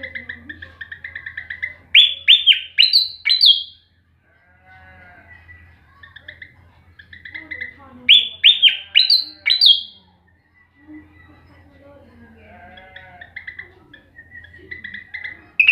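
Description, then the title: Flycatcher song: steady chirping notes, then a fast burst of sharp, downslurred whistles stepping higher, repeated twice with soft twittering between, over a low steady hum. Tutor song for training caged songbirds, with rapid, full-speed, tightly packed song bursts. "Suara Burung Sikatan Londo Masteran Tembakan Full Speed Rapet"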